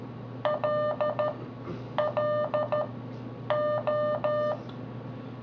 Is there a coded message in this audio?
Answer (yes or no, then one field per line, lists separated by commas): yes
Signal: Morse code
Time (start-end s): 0.4-4.5 s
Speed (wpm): 13 wpm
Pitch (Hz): 600 Hz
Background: none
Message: LLO